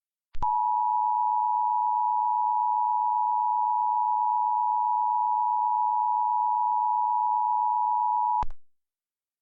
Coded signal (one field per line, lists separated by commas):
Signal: Emergency Alert System (SAME) tones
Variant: 853 and 960 Hz attention tone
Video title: Its been a bit - EAS Mock